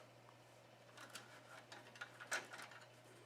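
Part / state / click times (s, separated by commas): PC component latching into the case or motherboard / not seated / none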